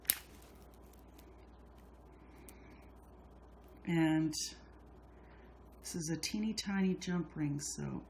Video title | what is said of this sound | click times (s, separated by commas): Copy of Silver & Gold beaded bead & post earrings | do you do that just rock it back and forth until it clicks and | 0.1 s